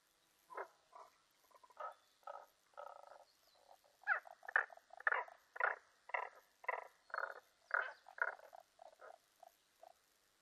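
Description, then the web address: Tago's brown frog calls: scattered croaks building into a rapid series of rough pulsed notes, which then thins out. Recorded 15 May 2005. "2005 050515 tagogaeru"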